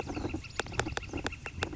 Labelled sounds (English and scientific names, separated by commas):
Northern Flicker (Colaptes auratus)